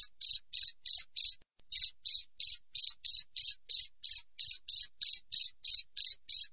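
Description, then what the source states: Cricket chirping in rapid, high, even pulses, about three bursts per second with one brief pause, against silence. Natural cricket sound with close-spaced chirps, used for training songbirds to mimic and for repelling rats.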